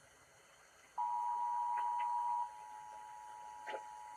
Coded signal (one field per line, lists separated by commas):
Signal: Emergency Alert System (SAME) tones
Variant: 853 and 960 Hz attention tone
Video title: Y'ALL KNOW SAN FRANCISCO BY NOW. Broadcast Radio EAS: Required Monthly Test (EAS #1,049-1,052)